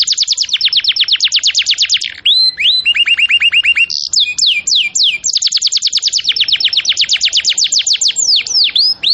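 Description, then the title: Canary singing continuous rapid trills of sweeping high notes, switching between faster and slower phrases, with short whistled slurs between runs. Domestic canary singing in cengkok song style. "Cengkok Kenari Mewah. MASTERAN KENARI CENGKOK mewah"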